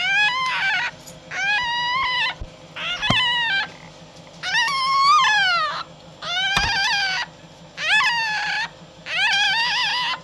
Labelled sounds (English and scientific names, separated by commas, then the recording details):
Red Fox (Vulpes vulpes)
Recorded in captivity
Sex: female
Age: juvenile
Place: Zoologisches Institut der HUB, Berlin, DE
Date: 1956-04-23
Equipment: Elmetra
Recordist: Tembrock, Günter
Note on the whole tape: Molly-Welpen: Weibchen - Quärren. Teilweise gute bis sehr gute Aufnahmequalität